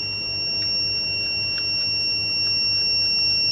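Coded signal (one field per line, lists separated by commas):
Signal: beep code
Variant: home power inverter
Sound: one continuous high-pitched beep lasting the whole clip over a low electrical hum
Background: electrical hum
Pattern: 1 continuous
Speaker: इसमें प्रॉब्लम यहां पर देख सकते हैं बीप कर रहा है काफी तेज और यहां पर जो इंडिकेशन शो कर रहे हैं देख सकते हैं ओवर लोड और बैटरी लो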